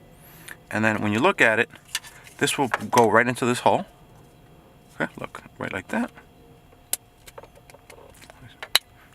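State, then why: Seated. A 3D-printed plastic holder for a USB 3.0 port is pressed into the hole in the dash panel of a 2011–2016 Ford F-250 truck while someone talks. Small handling ticks lead up to two sharp snaps at 6.9 s and 8.8 s. The holder is seated firmly in the dash hole and is not going anywhere.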